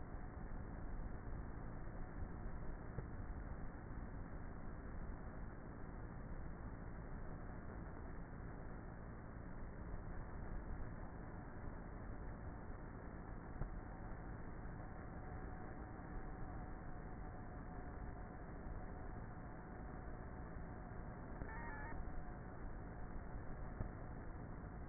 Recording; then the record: honeybee colony, microphone inside the hive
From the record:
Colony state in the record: queenless with a low population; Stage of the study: before two queens were removed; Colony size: about 30,000 bees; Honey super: no